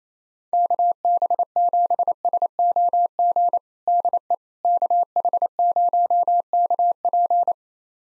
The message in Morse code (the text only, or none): KB7SOG DE KH0KP